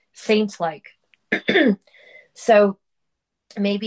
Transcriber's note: clears throat